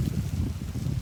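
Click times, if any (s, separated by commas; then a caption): none. An LED bulb and socket are handled at the headlight housing of a 2007–2013 GM truck or Escalade, being clipped in and turned clockwise. Only a steady low, wind-like rumble is heard throughout. Nothing has seated or clicked yet.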